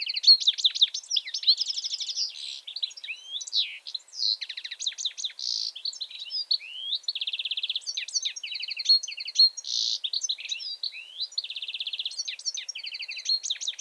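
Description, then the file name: European goldfinch singing, a high tinkling run of twittering notes, buzzy trills and liquid chirps, continuous and lively throughout. "Carduelis carduelis"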